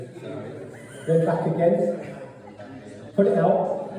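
A man talks while handling a turned wooden "idiot stick" puzzle, pulling its captive wooden piece out of the wooden body, with soft handling sounds under the speech. The piece has not clicked back in or seated yet by the end of the clip.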